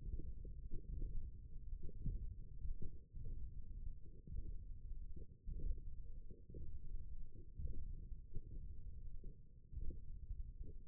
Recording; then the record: forearm muscle sounds (acoustic myography)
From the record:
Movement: index flexion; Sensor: system 1, eight BSWA MPA416 microphones around the upper forearm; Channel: 5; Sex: male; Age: 20 years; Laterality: left